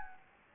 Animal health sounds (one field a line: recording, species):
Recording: mosquito wingbeat signal from an infrared sensor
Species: Anopheles gambiae